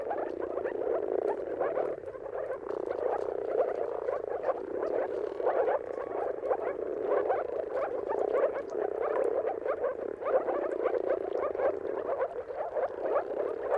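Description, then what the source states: Moor frog chorus of mating calls, a steady mass of gurgling, hollow woops from many frogs, unbroken throughout. Chorus of moor frogs giving mating calls at sunrise, at the turn of March and April depending on the weather.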